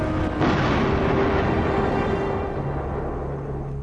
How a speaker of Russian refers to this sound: Это бомба с коробку тогдашнего ландрина, и завернута она в носовой платок. Вот сейчас он ждет карету и ее бросает, но волновался. И поэтому поздно бросил, целился в ноги лошадей. Карета проехала. Взрыв!